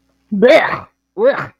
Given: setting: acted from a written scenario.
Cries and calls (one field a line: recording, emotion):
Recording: vocal sound without words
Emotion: disgust